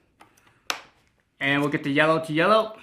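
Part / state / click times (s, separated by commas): side brush onto the hub of a robot vacuum / seated / 0.7 s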